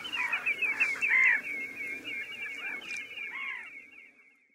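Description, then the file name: Common redshank giving a rapid, rhythmic run of repeated yodelling notes that fades away. "Krwawodziób"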